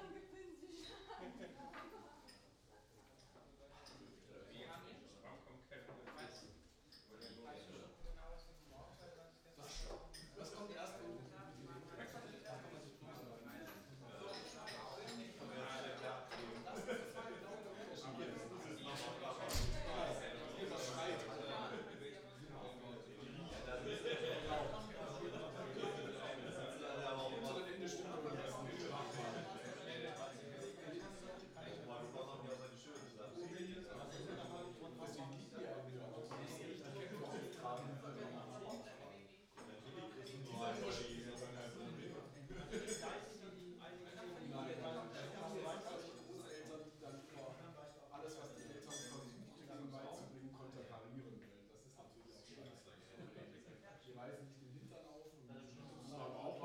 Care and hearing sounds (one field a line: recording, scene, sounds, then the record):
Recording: everyday scene through a hearing-aid microphone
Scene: many people talking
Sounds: many voices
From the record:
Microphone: in the ear canal, right